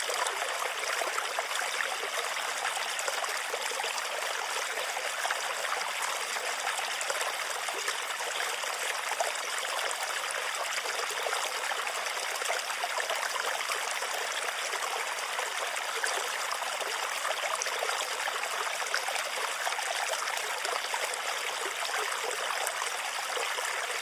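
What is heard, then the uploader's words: Water from a bamboo fountain trickles and splashes in a steady, dense patter that hardly changes over the whole stretch. The sound is bright, concentrated in the upper range with little low end, and a faint thin whine sits high above it throughout. Sleep Sounds Bamboo Water Fountain.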